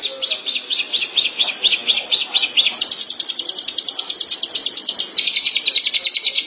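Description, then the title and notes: Long-tailed Shrike delivering a sustained high chattering series, notes quickening into a dense trill before shifting slightly lower near the end. Recorded March 2017. "Pentet 201703. Suara burung pentet"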